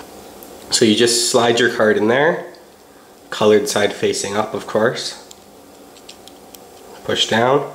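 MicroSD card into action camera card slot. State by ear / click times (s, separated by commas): not seated / none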